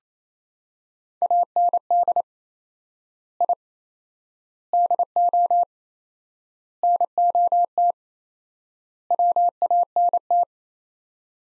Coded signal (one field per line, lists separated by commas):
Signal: Morse code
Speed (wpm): 28 wpm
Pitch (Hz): 700 Hz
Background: none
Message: AND I DO NOT WANT